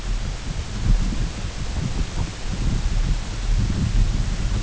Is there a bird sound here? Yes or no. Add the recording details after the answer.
no. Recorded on Arctic tundra, site UTQI-8, on 14 June 2019. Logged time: 08:00